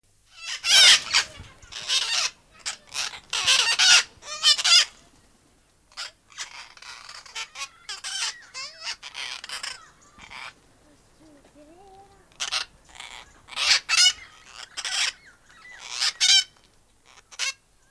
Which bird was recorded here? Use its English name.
Lord Derby's Parakeet